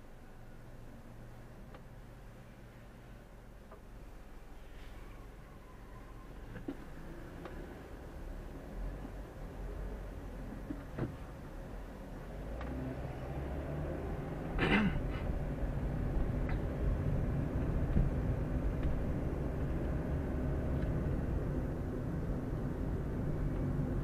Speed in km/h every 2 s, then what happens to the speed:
0, 0, 0, 0, 0, 9, 13, 22, 26, 28, 31, 32.
0-8 standing. 8-24 pulls away to 32.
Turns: none.